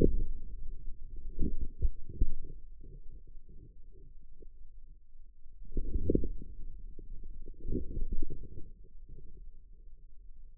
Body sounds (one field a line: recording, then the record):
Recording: forearm muscle sounds (acoustic myography)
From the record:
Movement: outward rotation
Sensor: system 2, bracelet of six BSWA MPA416 microphones around the upper forearm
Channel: 5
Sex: male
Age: 22 years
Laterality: right